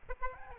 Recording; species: mosquito wingbeat signal from an infrared sensor; Aedes albopictus